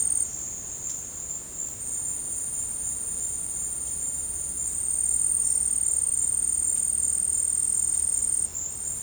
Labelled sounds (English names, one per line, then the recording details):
none
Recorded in secondary vegetation near Puerto Asís, Putumayo, Colombia, on 19 March 2025 at 14:30
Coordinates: 0.502, -76.326
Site G100